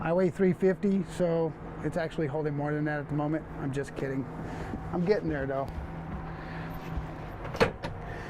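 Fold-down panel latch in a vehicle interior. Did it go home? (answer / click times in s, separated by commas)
yes / 7.6 s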